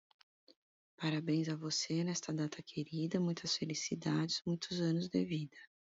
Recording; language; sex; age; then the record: short text; Brazilian Portuguese; female; 40 to 49 years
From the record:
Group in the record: control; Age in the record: 45 years